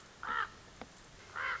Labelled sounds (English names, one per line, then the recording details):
Common Raven
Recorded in Sonoma County, California